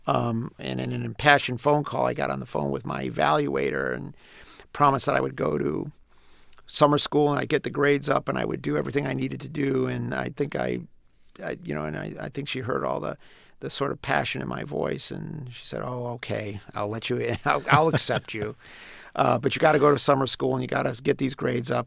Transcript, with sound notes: and in an impassioned phone call I got on the phone with my evaluator and promised that I would go to summer school, and I'd get the grades up, and I would do everything I needed to do.
And I think I - you know, and I think she heard all the sort of passion in my voice and she said, oh, OK. I'll let you in. I'll accept you.
(LAUGHTER)
But you've got to go to summer school, and you've got to get these grades up.